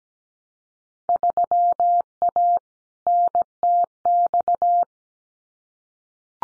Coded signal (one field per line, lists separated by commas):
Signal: Morse code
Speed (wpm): 17 wpm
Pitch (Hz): 700 Hz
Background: none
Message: 3A NTX